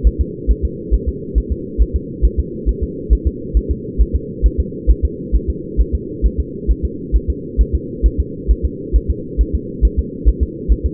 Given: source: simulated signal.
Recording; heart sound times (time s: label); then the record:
fetal heart sounds
0.07 s: S1
0.21 s: S2
0.51 s: S1
0.65 s: S2
0.94 s: S1
1.09 s: S2
1.38 s: S1
1.52 s: S2
1.82 s: S1
1.96 s: S2
2.25 s: S1
2.40 s: S2
2.69 s: S1
2.83 s: S2
3.13 s: S1
3.27 s: S2
3.57 s: S1
3.71 s: S2
4.01 s: S1
4.16 s: S2
4.46 s: S1
4.60 s: S2
4.91 s: S1
5.05 s: S2
5.36 s: S1
5.50 s: S2
5.81 s: S1
5.95 s: S2
6.26 s: S1
6.40 s: S2
6.71 s: S1
6.85 s: S2
7.16 s: S1
7.30 s: S2
7.61 s: S1
7.75 s: S2
8.06 s: S1
8.20 s: S2
8.51 s: S1
8.65 s: S2
8.96 s: S1
9.11 s: S2
9.41 s: S1
9.55 s: S2
9.85 s: S1
9.99 s: S2
10.28 s: S1
10.43 s: S2
10.72 s: S1
10.86 s: S2
From the record:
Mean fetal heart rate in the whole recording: 135 bpm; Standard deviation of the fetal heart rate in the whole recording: 3 bpm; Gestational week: 34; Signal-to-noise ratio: -4.1 dB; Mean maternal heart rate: no maternal heart sound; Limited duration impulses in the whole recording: absent